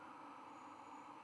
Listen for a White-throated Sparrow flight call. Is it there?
no